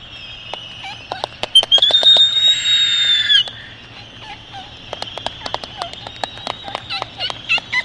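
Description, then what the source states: Laysan albatrosses with scattered dry clacks and short notes, a drawn-out whistled call rising then holding in the middle, and faint calls afterward. Several Laysan albatrosses.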